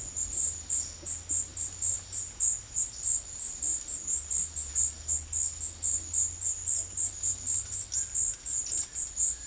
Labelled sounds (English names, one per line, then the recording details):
none
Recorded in secondary vegetation near Puerto Asís, Putumayo, Colombia, on 23 June 2025 at 14:00
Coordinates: 0.500, -76.326
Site GP08